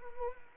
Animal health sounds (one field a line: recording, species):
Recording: mosquito wingbeat signal from an infrared sensor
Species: Anopheles arabiensis